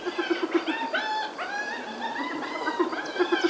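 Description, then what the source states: Hyenas giggling: several overlapping harmonic calls, with rapid staccato series of short notes at the start and end. Several hyenas laughing while squabbling among themselves over a piece of meat.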